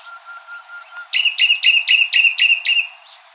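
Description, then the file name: Common nightingale song: a few soft low piping notes, then a loud rapid series of about seven identical sharp chirps repeated quickly. "Luscinia megarhynchos"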